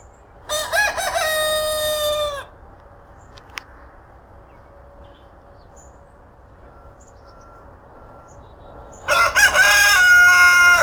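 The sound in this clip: Rooster with two strong crows, one opening and one closing, each stepping up then holding a long note; a brief click and low hum in between.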